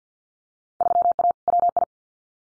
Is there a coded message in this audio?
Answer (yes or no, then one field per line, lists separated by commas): yes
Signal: Morse code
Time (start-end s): 0.8-1.8 s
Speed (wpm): 50 wpm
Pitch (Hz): 700 Hz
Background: none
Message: 3A WI